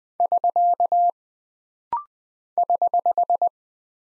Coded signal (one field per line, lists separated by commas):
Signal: Morse code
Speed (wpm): 20 wpm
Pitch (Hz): 700 Hz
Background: none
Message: <SK> <HH>